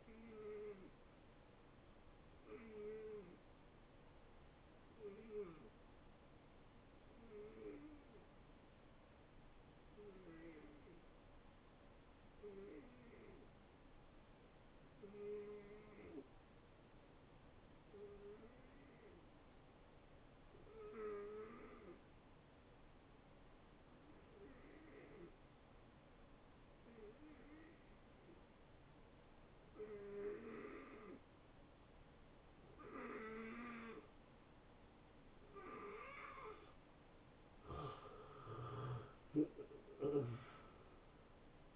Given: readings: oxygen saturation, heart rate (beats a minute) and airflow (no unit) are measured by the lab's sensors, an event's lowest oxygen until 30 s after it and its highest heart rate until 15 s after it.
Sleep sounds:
breathing in sleep by a voice recorder at the bedside; 1
3.00-37.50 s: hypopnea (N2, oxygen 91% highest, then 78% lowest, heart rate 77 at the start, 80 highest)
From the record:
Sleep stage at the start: N2 (light sleep); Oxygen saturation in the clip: 80 to 91%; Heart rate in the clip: 73 to 79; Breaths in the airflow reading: 8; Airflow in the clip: -24.3 to 7.4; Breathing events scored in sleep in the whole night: 263 in 5.5 hours asleep

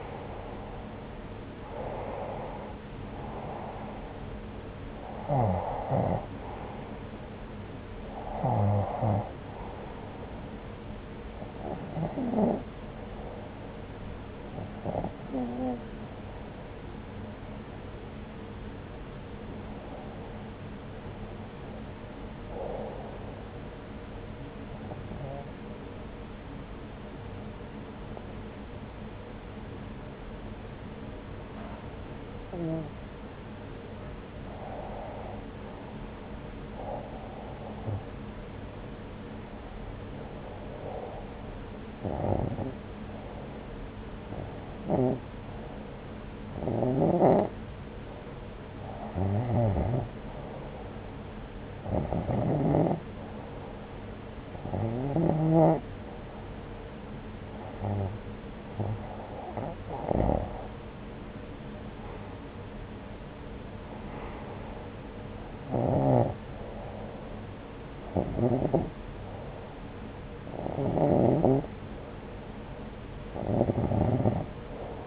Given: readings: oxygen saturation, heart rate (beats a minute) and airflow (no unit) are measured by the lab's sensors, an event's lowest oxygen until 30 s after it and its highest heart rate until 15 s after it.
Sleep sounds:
breathing in sleep by a voice recorder at the bedside; 1
29.00-62.60 s: hypopnea (REM, oxygen 96% highest, then 90% lowest)
73.00-75.07 s: new sleep stage, awake
From the record:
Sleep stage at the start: REM sleep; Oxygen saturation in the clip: 89 to 96%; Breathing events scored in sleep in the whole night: 303 in 8.1 hours asleep

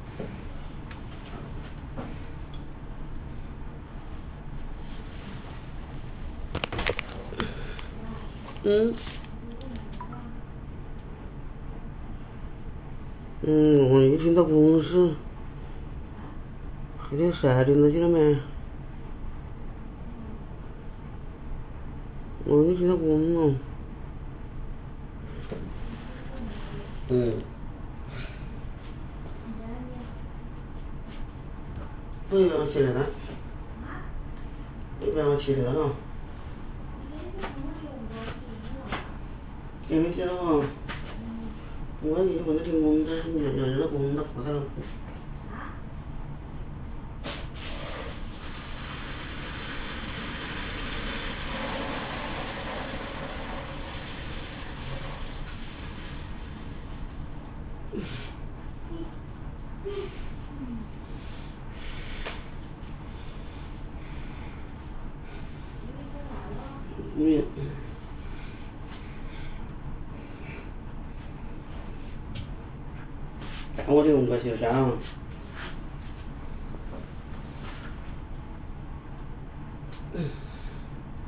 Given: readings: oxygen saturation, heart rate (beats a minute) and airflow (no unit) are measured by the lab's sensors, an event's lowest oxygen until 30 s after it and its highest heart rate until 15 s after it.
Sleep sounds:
a person awake in a sleep study, by a smartphone at the bedside; none
0.00-81.28 s: awake
From the record:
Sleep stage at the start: awake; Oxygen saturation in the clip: 91 to 96%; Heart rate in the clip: 75 to 88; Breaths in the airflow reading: 28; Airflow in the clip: -2.7 to 4.1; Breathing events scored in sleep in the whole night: 328 in 6.3 hours asleep

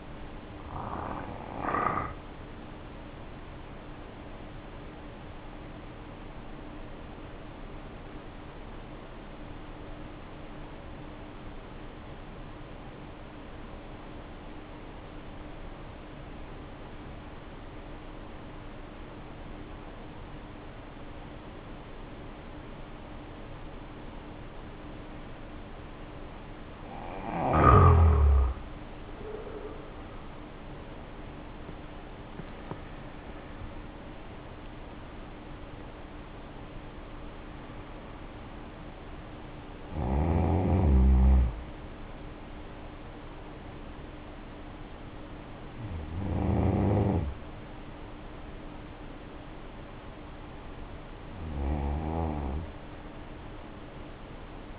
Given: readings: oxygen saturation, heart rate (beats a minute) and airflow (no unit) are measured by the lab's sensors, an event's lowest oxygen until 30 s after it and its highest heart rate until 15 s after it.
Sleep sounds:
breathing in sleep by a voice recorder at the bedside; 1
7.00-26.40 s: obstructive apnea (N1, oxygen 95% highest, then 74% lowest, heart rate 56 at the start, 79 highest)
From the record:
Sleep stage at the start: N1 (lightest sleep); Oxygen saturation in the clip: 74 to 95%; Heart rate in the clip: 51 to 79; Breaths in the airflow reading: 6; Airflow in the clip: -9.3 to 9.4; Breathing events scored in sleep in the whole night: 520 in 7.2 hours asleep

